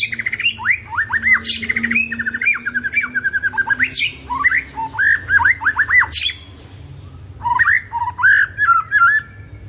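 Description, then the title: White-rumped shama song: varied bursts of looping whistles and rapid repeated notes, with harsh upward sweeps and brief pauses between phrases over a steady low hum. Morning song of a white-rumped shama in full song, played as a lure to prompt caged shamas to sing; rich, varied song content. "PANCINGAN MURAI BATU PAGI HARI MURAI BATU GACOR ISIAN MEWAH"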